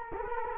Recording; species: mosquito wingbeat signal from an infrared sensor; Culex quinquefasciatus